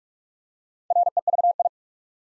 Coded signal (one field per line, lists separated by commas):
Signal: Morse code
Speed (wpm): 44 wpm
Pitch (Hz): 700 Hz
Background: none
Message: REVI